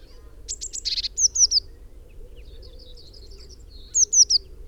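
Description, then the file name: Eurasian blue tit calling: a buzzy, scolding churr, then a few quick high descending notes, faint softer notes, and a second short burst near the end. "Cyanistes caeruleus"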